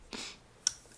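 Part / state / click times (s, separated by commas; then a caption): folding knife blade into its handle detent / seated / 0.7 s. The blade of a Shirogorov Mayo Dr Death Arctic folding pocketknife is closed into its handle detent. A soft rustling sound comes at 0.1 s, then a short, bright, mellow metal-on-metal click at 0.7 s. The blade snaps into the detent and is seated.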